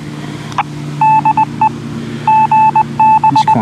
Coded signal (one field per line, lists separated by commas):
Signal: Morse code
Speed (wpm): 20 wpm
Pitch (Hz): 870 Hz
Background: none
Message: DE GB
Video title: Shakesphere INFL8-HAM Inflatable Dual Band Antenna - Sota - Emergency - Portable